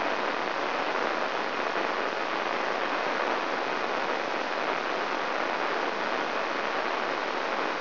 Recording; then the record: brain microelectrode recording played as sound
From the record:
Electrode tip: inside the subthalamic nucleus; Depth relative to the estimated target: -2.5 mm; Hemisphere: right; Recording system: AlphaMap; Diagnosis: Parkinson's disease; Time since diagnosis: 23 years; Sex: male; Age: 65 years